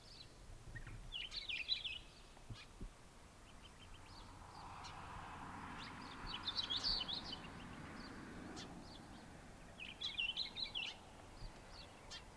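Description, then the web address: Hume's wheatear delivering three brief high scratchy warbles spread through the recording, with a low rumbling sound swelling in the middle. "Hume's wheatear. صدای-پرنده-چکچک-شکم-سفید"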